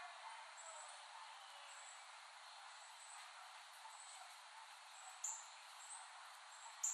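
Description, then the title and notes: Cicadas keep up an unbroken high drone, faint pulses riding on top and a couple of sharp ticks toward the close. Several cicadas, recorded in West Brighton, Staten Island, late summer 2008. "Dronecast. The Cicadas of Summer. Recording of cicadas made by Dan Bodah in West Brighton, Staten Island, late summer 2008"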